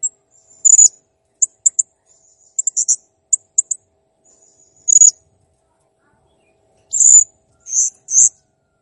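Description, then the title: Blue-crowned hanging parrot song: very high shrill chirps and short squeaky bursts, irregularly spaced, with a few longer buzzy screeches near the end. Cage-bird song used for training (masteran); described as clear and gacor (singing actively). "Masteran Burung Serindit Ll Masteran Serindit Gacor Jernih"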